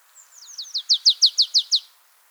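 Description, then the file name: Marsh tit call: a rapid series of about eleven sharp, down-slurred notes. It starts thin and faint and grows louder toward the end, lasting under two seconds. "Poecile palustris"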